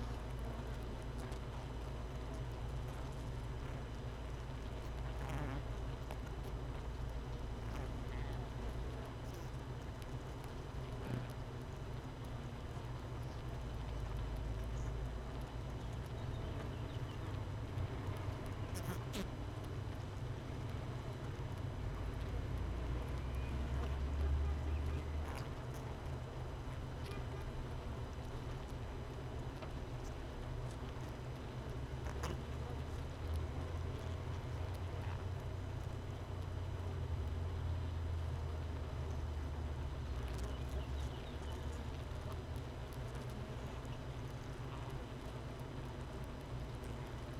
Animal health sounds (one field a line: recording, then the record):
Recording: honeybee colony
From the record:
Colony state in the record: missing queen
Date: 31 May 2018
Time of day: 13:54